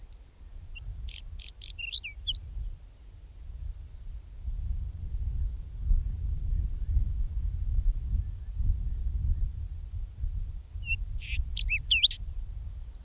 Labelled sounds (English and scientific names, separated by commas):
Whinchat (Saxicola rubetra) song